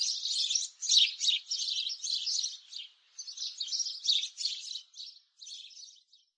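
Sparrow chirps, quick bright notes packed closely together, thinning out toward the end with short gaps of quiet.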